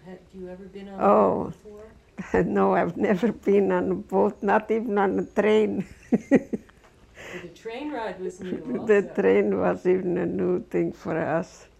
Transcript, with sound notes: Had you ever been on a boat before?
Oh. No, I'd never been on a boat, not even on a train. (She laughs.)
The train ride was new also.
The train was even a new thing for us.